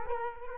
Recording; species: mosquito wingbeat signal from an infrared sensor; Culex quinquefasciatus